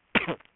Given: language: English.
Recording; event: throat vibration sensor signal played as sound; cough